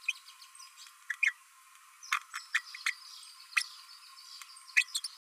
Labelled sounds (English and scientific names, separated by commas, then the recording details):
Green-rumped Parrotlet (Forpus passerinus) babbling
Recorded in a nest box in Venezuela
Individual 18B12A1